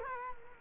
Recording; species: mosquito wingbeat signal from an infrared sensor; Culex quinquefasciatus